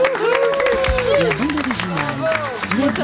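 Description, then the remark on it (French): Audience applause on France Inter for Richard Lornac, a dense, steady patter of many hands clapping for about three seconds, with a voice speaking over the top. “J'applaudis Richard Lornac qui m'a accompagné.”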